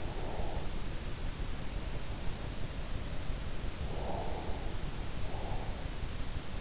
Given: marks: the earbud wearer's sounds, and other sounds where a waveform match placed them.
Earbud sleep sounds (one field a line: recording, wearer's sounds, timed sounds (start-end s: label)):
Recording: sounds in sleep by an in-ear microphone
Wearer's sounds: breath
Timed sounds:
0.00-0.81 s: breath
3.94-4.79 s: breath